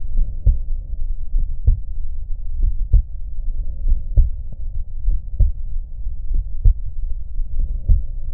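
Slow, regular lub-dub heart sounds at about 48 beats a minute, heard at the aortic area of an adult heart through a stethoscope.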